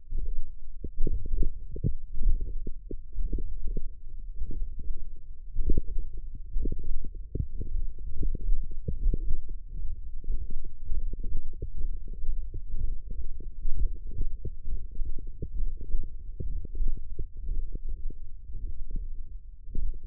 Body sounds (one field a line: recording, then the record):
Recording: forearm muscle sounds (acoustic myography)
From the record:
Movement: hand closing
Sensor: system 1, eight BSWA MPA416 microphones around the upper forearm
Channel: 6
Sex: male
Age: 23 years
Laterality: right